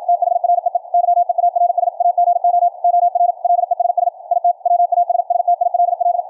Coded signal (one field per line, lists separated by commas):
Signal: Morse code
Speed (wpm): 56 wpm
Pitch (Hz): 700 Hz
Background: radio noise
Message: THREE YEARS AGO OR LESS IT WAS STILL